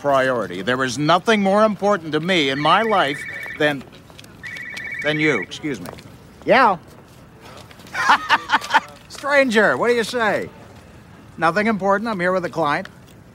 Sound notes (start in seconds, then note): 4.4 soundbite of cellphone ringing; 7.9 laughter